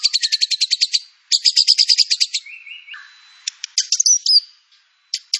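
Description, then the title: White-rumped shama song with two fast rattling trills, a short buzzy note, then scattered high chips and a thin descending whistle. Lure song (pancingan) of white-rumped shama with full filler (isian) material. "PANCINGAN MURAI BATU. MURAI BATU FULL MATERI ISIAN"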